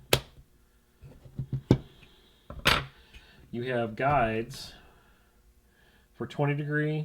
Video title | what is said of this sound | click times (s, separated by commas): Knife Sharpening System for Dummies | we just click right in there like that you | 0.1 s